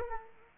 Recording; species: mosquito wingbeat signal from an infrared sensor; Aedes aegypti